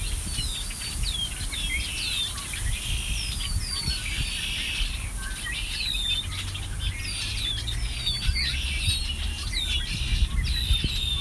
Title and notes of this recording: Migrating birds at Ashburton. Birds hiding in the bushes around the lake.